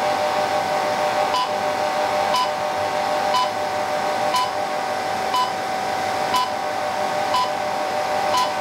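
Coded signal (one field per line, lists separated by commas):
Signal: radio time signal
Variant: DCF77-style second pips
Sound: a short high beep every second, about eight beeps, over constant hiss and hum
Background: radio static, steady hum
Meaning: Each pip marks one second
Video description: The beeps come from our modified-DCF77 AM-coded 25 MHz radio transmitter.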